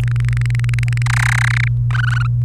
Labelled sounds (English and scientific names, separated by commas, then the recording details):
Domestic Canary (Serinus canaria) song
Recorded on 28 April 2018 at 16:37
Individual llb3